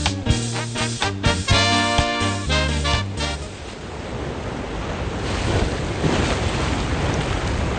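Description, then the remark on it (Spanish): A few seconds of tonal, rhythmic music give way to a steady, rushing roar of ocean waves breaking, a broad hiss that swells and ebbs with no voices. “Con olas al viento. Bien, Olas al viento. Olas.”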